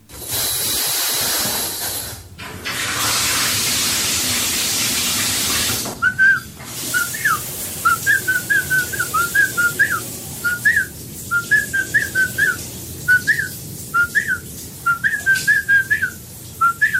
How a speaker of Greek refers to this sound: Όμως εμείς εδώ θα πάμε τώρα να ακούσουμε τι κάνει στο μπάνιο του, τι σφυρίζει, γιατί τα ξέρουμε όλα αυτά, έχουμε βάλει μικρόφωνα και εκεί, τι σφυρίζει στο μπάνιο του Άδωνης.